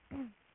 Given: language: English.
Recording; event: throat vibration sensor signal played as sound; throat clearing